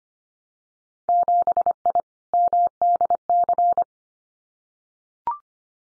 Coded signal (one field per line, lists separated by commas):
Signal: Morse code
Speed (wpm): 25 wpm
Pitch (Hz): 700 Hz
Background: none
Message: 7I MDC